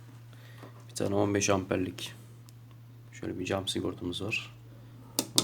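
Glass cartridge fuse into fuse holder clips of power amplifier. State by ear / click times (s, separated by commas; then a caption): seated / 5.2 s, 5.4 s. A 15 A glass cartridge fuse is pressed into the fuse holder clips of a 5000 W power amplifier board while someone talks. Two sharp clicks are heard at 5.2 s and 5.4 s as the fuse seats in place.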